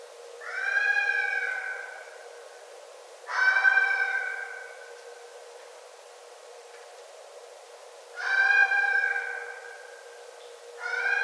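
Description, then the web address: Red fox calling with four prolonged, reedy wails at uneven intervals, each swelling and then tapering off. Recorded 9 December 2011. "Red Fox 2011 12 09 Red Fox"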